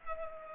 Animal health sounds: mosquito wingbeat signal from an infrared sensor; Culex pipiens

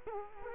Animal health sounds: mosquito wingbeat signal from an infrared sensor; Culex quinquefasciatus

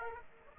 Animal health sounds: mosquito wingbeat signal from an infrared sensor; Aedes aegypti

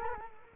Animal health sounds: mosquito wingbeat signal from an infrared sensor; Culex quinquefasciatus

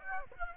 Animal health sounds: mosquito wingbeat signal from an infrared sensor; Aedes aegypti

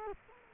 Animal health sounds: mosquito wingbeat signal from an infrared sensor; Culex quinquefasciatus

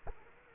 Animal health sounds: mosquito wingbeat signal from an infrared sensor; Culex quinquefasciatus

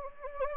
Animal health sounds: mosquito wingbeat signal from an infrared sensor; Anopheles gambiae

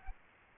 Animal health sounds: mosquito wingbeat signal from an infrared sensor; Aedes albopictus

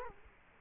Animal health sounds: mosquito wingbeat signal from an infrared sensor; Culex quinquefasciatus

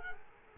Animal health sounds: mosquito wingbeat signal from an infrared sensor; Culex quinquefasciatus

